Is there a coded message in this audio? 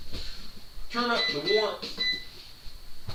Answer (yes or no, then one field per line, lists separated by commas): no